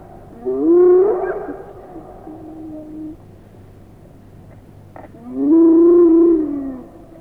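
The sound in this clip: Hyena making two drawn-out moaning calls that rise then fall, separated by a few seconds of quiet.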